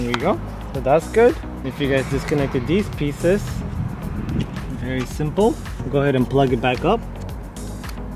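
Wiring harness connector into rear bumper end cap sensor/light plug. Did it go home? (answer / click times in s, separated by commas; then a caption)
no / none. A wiring harness connector is being handled to plug back into the sensor/light plug on the rear bumper end cap of a 2014-2021 Toyota Tundra while the end cap is reinstalled. Someone talks throughout over a low background hum. Nothing has seated or clicked yet.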